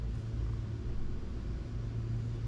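A front brake pad on a 2014-2019 Jeep Cherokee is handled at the caliper bracket, where it will be put in sideways and twisted up past the spring clips. Only a steady low rumble with a broad noise hiss is heard, with no distinct impacts. Nothing has seated or clicked yet.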